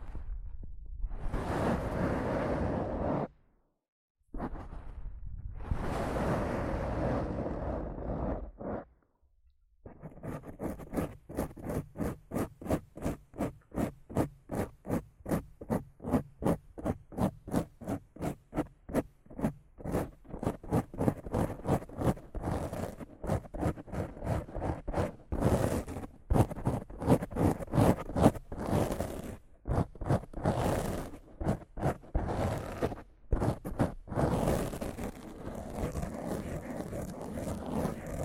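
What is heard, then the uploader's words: Rough scratching and brushing on a microphone. It opens with a few long, sweeping brush strokes separated by brief silences, then from about ten seconds turns into fast, regular scratches several times a second. Some louder, harsher strokes follow later. ASMR Rough Mic Scratching & Brushing (No Talking).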